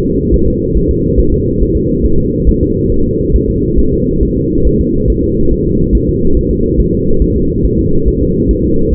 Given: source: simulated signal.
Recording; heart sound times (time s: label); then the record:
fetal heart sounds
0.06 s: S2
0.34 s: S1
0.48 s: S2
0.77 s: S1
0.91 s: S2
1.20 s: S1
1.34 s: S2
1.62 s: S1
1.77 s: S2
2.06 s: S1
2.20 s: S2
2.49 s: S1
2.63 s: S2
2.92 s: S1
3.06 s: S2
3.36 s: S1
3.50 s: S2
3.79 s: S1
3.94 s: S2
4.23 s: S1
4.37 s: S2
4.67 s: S1
4.81 s: S2
5.10 s: S1
5.24 s: S2
5.53 s: S1
5.67 s: S2
5.95 s: S1
6.09 s: S2
6.37 s: S1
6.51 s: S2
6.80 s: S1
6.94 s: S2
7.22 s: S1
7.37 s: S2
7.65 s: S1
7.79 s: S2
8.08 s: S1
8.22 s: S2
8.51 s: S1
8.65 s: S2
8.94 s: S1
From the record:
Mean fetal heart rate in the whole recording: 140 bpm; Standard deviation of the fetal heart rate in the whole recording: 2 bpm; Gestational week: 34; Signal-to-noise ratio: -16.4 dB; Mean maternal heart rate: 72 bpm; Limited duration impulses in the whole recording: present